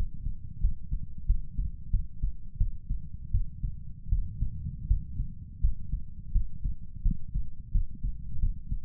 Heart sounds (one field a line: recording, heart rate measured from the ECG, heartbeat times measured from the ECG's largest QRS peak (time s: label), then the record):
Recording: heart sounds by stethoscope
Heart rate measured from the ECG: 85 bpm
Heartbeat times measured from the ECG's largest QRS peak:
0.60 s: heartbeat
1.26 s: heartbeat
1.90 s: heartbeat
2.57 s: heartbeat
3.31 s: heartbeat
4.09 s: heartbeat
4.87 s: heartbeat
5.60 s: heartbeat
6.32 s: heartbeat
7.02 s: heartbeat
7.71 s: heartbeat
8.39 s: heartbeat
From the record:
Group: healthy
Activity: cold pressor test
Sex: male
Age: 35 years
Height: 178 cm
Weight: 64 kg